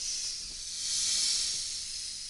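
A swamp adder, a venomous snake of India, hisses in one long, steady, airy breath that swells slightly in the middle before easing off, with no voices present.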